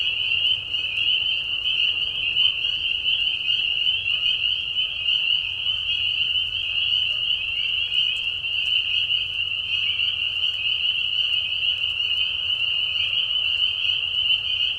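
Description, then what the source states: Spring peepers in full chorus, countless high peeps fused into a constant shrill whine that holds steady from start to finish. Many spring peepers giving mating calls in a marsh at night during a very short spring season; Tiny Marsh Conservation Area, Tiny, Ontario.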